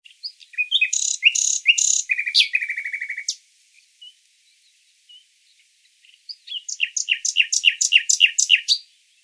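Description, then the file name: Common nightingale song opening with loud harsh buzzy bursts and a rapid rattle, a pause of about three seconds, then a fast series of sharp repeated chirps. "Luscinia megarhynchos"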